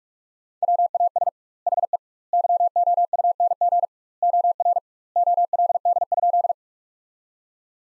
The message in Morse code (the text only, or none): WAS HE YOUNG OR OLD?